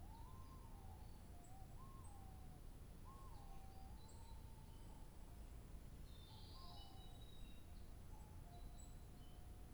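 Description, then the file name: Bird giving clear whistled notes that rise then fall, several in a row, with faint high chirps above and a steady low rumble. 2 July 2023. "birdsong 20230702"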